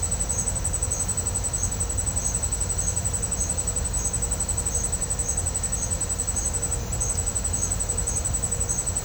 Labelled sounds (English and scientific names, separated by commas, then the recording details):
none
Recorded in pastures near Puerto Asís, Putumayo, Colombia, on 21 December 2024 at 08:30
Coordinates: 0.502, -76.324
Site G077